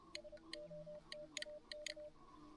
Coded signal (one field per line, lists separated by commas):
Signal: Morse code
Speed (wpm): 30 wpm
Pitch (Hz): 600 Hz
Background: music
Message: SOTAK